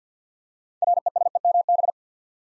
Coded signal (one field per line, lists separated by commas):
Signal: Morse code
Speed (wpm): 49 wpm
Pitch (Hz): 700 Hz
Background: none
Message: RESEMB